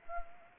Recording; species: mosquito wingbeat signal from an infrared sensor; Anopheles arabiensis